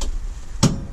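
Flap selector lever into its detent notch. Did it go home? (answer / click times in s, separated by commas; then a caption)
yes / 0.6 s. In a light aircraft cockpit during a pre-flight check, the flap selector lever is pulled to the first stage of flaps and seats into its detent notch with a sharp, bright click at 0.6 s. A low engine-like rumble runs underneath, with a smaller tap right at the start.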